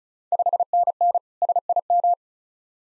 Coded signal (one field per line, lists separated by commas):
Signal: Morse code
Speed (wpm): 36 wpm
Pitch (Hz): 700 Hz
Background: none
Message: 5NN SIM